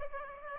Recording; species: mosquito wingbeat signal from an infrared sensor; Aedes aegypti